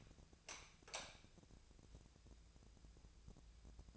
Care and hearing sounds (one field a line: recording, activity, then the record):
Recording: daily activity, microphone in the room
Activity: light on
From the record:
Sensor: 2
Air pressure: 999.9 hPa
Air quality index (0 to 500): 115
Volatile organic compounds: 2 ppm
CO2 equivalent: 996 ppm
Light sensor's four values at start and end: 25/65/27/31 and 30/82/34/37